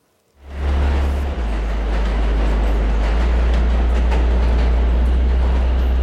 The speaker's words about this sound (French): Le bruit des rames qui circulaient à toute allure sous les tunnels et qui s'arrêtaient dans un hurlement de frein à la station